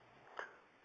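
A single short, rough snort lasting about a tenth of a second breaks an otherwise quiet indoor background. It is one snoring breath from a sleeping Boxer dog, made as air passes relaxed tissue in the nose and throat.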